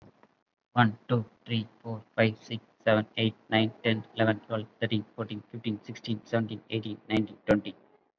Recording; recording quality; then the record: counting at a fast pace; excellent, no background noise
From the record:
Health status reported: COVID-19 positive, mild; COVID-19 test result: positive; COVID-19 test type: RT-PCR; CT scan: not taken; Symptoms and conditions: none ticked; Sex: male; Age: 30 years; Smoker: no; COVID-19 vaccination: none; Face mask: not worn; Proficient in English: no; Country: India